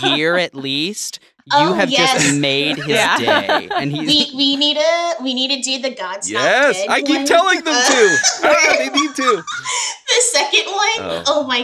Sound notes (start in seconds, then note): 4.1 laughter; 9.3 laughter